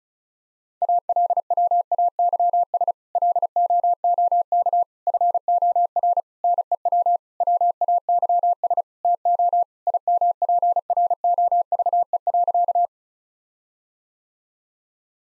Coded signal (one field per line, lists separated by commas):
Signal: Morse code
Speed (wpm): 36 wpm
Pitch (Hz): 700 Hz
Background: none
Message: ALWAYS LOOK FOR NEW WAYS TO IMPROVE.